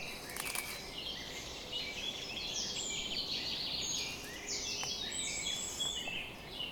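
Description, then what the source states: Birds of a dawn chorus, bright high whistled phrases and buzzy trills overlapping continuously, over a faint hiss. Summer morning dawn chorus at 4:40 am.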